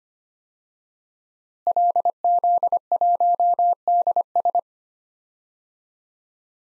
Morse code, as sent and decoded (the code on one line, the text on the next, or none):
.-.. --.. .---- -.. ...
LZ1DS